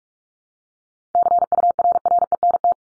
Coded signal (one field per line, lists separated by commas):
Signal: Morse code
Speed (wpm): 44 wpm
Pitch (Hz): 700 Hz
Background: none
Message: CURRENT